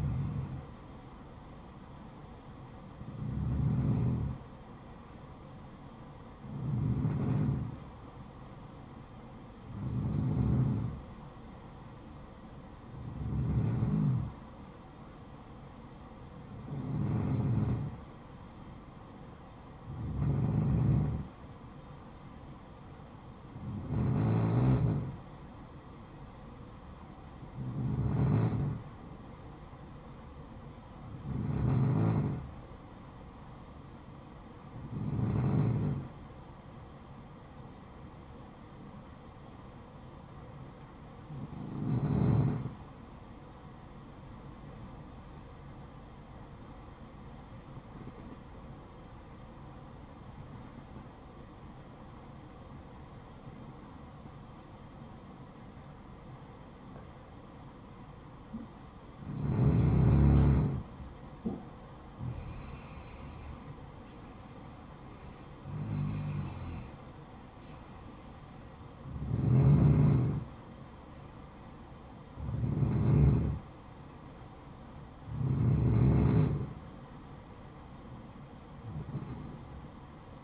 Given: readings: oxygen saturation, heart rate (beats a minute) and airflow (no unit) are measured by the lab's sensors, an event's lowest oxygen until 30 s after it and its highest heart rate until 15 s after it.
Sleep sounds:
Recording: breathing in sleep by a smartphone at the bedside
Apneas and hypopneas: 1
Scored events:
13.00-73.00 s: new sleep stage, N2 (light sleep)
46.00-62.20 s: hypopnea (N2, oxygen 94% highest, then 90% lowest, heart rate 61 at the start, 63 highest)
73.00-80.44 s: new sleep stage, N1 (lightest sleep)
From the record:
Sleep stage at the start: N1 (lightest sleep)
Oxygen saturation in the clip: 90 to 94%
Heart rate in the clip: 56 to 63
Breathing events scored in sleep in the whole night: 573 in 9.8 hours asleep

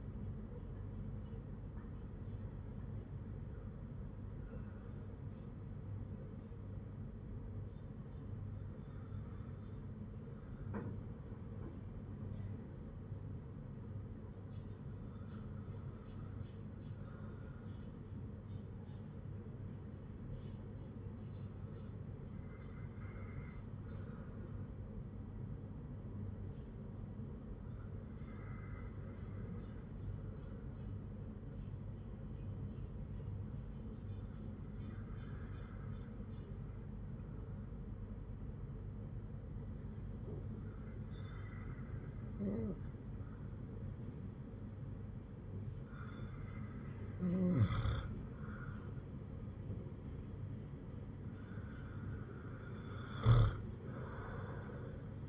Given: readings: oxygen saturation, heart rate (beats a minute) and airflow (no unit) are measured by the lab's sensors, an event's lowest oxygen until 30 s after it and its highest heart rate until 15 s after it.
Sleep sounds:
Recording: breathing in sleep by a smartphone at the bedside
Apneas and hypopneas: 1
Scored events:
6.00-44.70 s: hypopnea (N1, oxygen 98% highest, then 94% lowest, heart rate 57 at the start, 58 highest)
34.00-55.29 s: new sleep stage, N2 (light sleep)
From the record:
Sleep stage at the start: N1 (lightest sleep)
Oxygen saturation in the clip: 94 to 98%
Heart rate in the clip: 53 to 58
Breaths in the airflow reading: 9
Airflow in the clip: -7.6 to 9.3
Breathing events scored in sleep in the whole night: 182 in 7.4 hours asleep

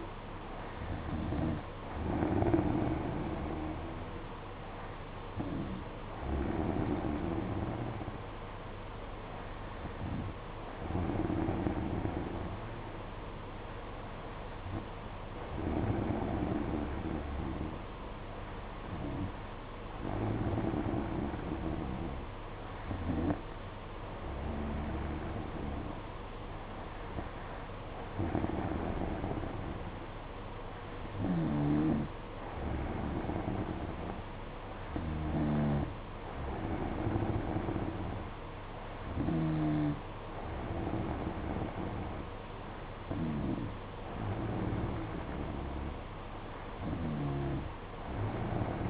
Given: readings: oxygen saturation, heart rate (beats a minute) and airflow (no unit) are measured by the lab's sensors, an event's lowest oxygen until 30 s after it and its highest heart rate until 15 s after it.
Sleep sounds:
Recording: breathing in sleep by a voice recorder at the bedside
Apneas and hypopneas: none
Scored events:
none scored
From the record:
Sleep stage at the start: N2 (light sleep)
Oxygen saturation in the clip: 93 to 94%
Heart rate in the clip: 53 to 57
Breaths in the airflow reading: 12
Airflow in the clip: -4.3 to 4.3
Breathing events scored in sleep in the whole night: 476 in 9.7 hours asleep

